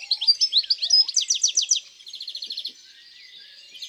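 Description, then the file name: European greenfinch song, a run of loud sweeping chirps followed by a softer rapid trill, with a faint lower whistle at the start. In the countryside. "Verdier-d Europe-Chants-doiseaux-dans-la-campagne"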